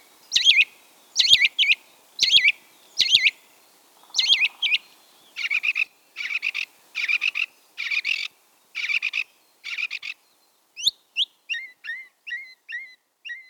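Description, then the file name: Song thrush song: a harsh phrase repeated five times, then a lower rattling phrase repeated about six times, ending with quick high notes. "bioakusztika enekesrigo"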